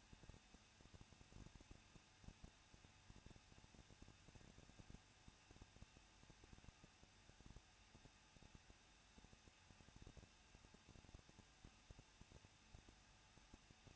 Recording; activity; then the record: daily activity, microphone in the room; no activity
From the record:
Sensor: 2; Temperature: 21.0 degrees Celsius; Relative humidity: 37.4%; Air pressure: 1006.2 hPa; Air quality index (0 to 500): 222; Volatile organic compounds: 24 ppm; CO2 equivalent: 2806 ppm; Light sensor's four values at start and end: 2/3/2/2 and 2/3/2/2